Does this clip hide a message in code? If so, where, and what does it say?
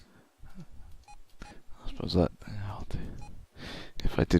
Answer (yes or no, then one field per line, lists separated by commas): no